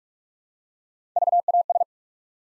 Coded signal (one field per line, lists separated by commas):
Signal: Morse code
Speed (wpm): 44 wpm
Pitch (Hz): 700 Hz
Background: none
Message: VAS